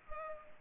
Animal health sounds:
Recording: mosquito wingbeat signal from an infrared sensor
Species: Culex pipiens

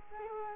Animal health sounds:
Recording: mosquito wingbeat signal from an infrared sensor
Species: Culex quinquefasciatus

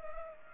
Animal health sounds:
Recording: mosquito wingbeat signal from an infrared sensor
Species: Culex pipiens

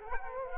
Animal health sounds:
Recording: mosquito wingbeat signal from an infrared sensor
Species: Culex quinquefasciatus

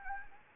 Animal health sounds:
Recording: mosquito wingbeat signal from an infrared sensor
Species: Anopheles gambiae

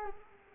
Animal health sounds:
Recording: mosquito wingbeat signal from an infrared sensor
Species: Culex quinquefasciatus

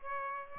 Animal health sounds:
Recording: mosquito wingbeat signal from an infrared sensor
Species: Aedes aegypti

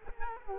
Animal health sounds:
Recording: mosquito wingbeat signal from an infrared sensor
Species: Culex quinquefasciatus

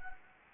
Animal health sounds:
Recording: mosquito wingbeat signal from an infrared sensor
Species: Anopheles gambiae

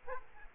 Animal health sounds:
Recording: mosquito wingbeat signal from an infrared sensor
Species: Aedes aegypti

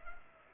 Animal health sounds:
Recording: mosquito wingbeat signal from an infrared sensor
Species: Culex pipiens

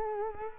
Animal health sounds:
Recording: mosquito wingbeat signal from an infrared sensor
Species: Culex quinquefasciatus

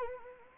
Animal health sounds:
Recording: mosquito wingbeat signal from an infrared sensor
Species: Anopheles arabiensis

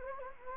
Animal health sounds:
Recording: mosquito wingbeat signal from an infrared sensor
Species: Anopheles gambiae

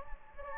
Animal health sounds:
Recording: mosquito wingbeat signal from an infrared sensor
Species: Anopheles gambiae

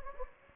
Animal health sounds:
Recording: mosquito wingbeat signal from an infrared sensor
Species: Anopheles gambiae

